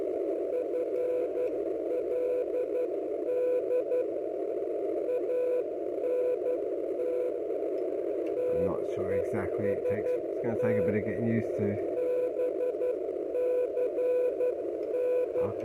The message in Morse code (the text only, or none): FLD ANT TEST BCN